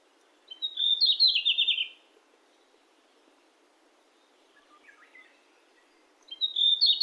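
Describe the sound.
Bird song: a bright, fast twittering phrase of high notes lasting over a second, a quieter lower warble after a pause, then the phrase starts again.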